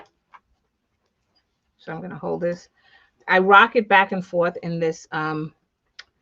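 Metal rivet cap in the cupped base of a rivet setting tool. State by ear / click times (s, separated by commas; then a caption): seated / 6.0 s. Someone talks while a metal rivet cap on a fabric bag panel is rocked back and forth in the small cupped base of a rivet setting tool. A short, sharp snap at 6.0 s marks the rivet dropping fully into the setter base, so it is seated and fitted.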